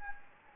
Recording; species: mosquito wingbeat signal from an infrared sensor; Anopheles gambiae